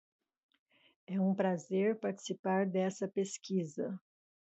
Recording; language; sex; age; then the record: short text; Brazilian Portuguese; female; 50 to 59 years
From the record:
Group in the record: control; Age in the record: 58 years